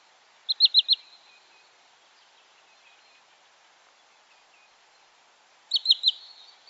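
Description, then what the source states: Wood Sandpiper calls: a quick burst of three or four high, downslurred notes, then a long quiet gap before a second matching burst near the end. Call is a burst of the same note delivered three or four times in quick succession; lower pitched than Green Sandpiper, sombre in quality, each note downslurred.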